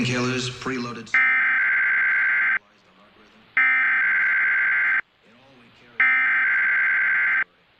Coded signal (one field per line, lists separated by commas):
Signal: Emergency Alert System (SAME) tones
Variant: header bursts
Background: speech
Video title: Required Monthly Test on KNSO-DT3 [EAS #359]